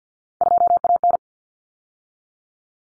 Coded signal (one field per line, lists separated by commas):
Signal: Morse code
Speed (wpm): 50 wpm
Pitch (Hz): 700 Hz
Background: none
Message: 2AN